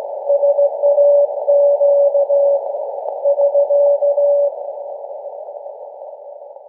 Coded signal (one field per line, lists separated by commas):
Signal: Morse code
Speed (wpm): 16 wpm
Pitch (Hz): 570 Hz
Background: none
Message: SAQ <SK>